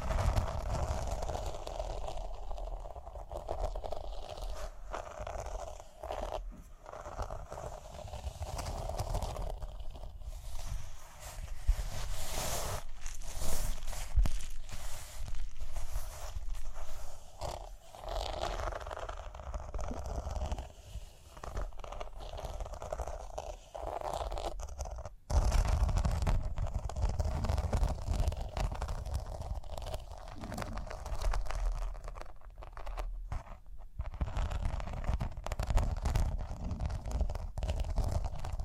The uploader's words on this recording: ASMR Relaxing Rhinestone Tapping, Scratching, Brushing (No Talking).